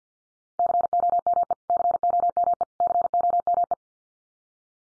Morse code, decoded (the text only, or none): COME COME COME